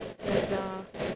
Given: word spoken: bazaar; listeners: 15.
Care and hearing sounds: one English word in noise, from a listening test; noise modulated by three-talker babble; -3.7 dB; 0 of 15; 13 of 15; 0.75 s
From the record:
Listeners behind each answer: 13, 1, 1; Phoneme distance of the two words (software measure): 10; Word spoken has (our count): 2 syllables, 4 phonemes, stress on syllable 2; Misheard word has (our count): 2 syllables, 4 phonemes, stress on syllable 2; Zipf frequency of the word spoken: 2.90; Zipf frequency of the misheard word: 4.22

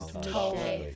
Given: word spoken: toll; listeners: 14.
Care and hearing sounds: one English word in noise, from a listening test; four-talker babble; -0.6 dB; 1 of 14; 7 of 14; 0.56 s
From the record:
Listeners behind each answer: 7, 4, 1, 1, 1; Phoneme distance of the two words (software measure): 7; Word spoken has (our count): 1 syllable, 3 phonemes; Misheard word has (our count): 1 syllable, 4 phonemes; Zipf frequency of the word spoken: 3.94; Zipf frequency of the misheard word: 5.51

